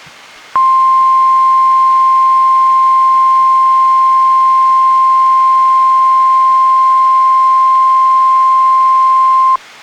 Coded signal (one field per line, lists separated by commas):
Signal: Emergency Alert System (SAME) tones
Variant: 1050 Hz attention tone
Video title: EAS #215: NWR Required Weekly Test- Dec. 27, 2017- 11:34AM PST